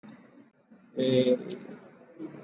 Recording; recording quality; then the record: sustained vowel as in made; moderate, slight background noise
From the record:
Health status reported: exposed to COVID-19, no respiratory illness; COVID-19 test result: not tested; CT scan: not taken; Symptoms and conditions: cough, cold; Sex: male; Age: 30 years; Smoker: no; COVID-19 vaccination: both doses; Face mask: worn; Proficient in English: yes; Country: India